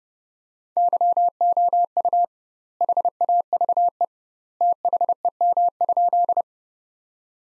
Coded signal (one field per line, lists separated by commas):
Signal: Morse code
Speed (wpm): 30 wpm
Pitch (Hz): 700 Hz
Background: none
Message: YOU HAVE THEM?